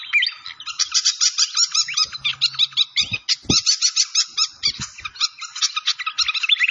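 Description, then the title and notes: Malaysian pied fantail song: dense, rapid high chattering and twittering throughout, with a few low knocks in the middle. Masteran (bird-training recording) of a clear-voiced bird, mixed with the sound of gurgling flowing water. "Masteran Sikatan Kipas Suara Jernih Dan Suara Gemericik Air. Suara Burung Sikatan Londo"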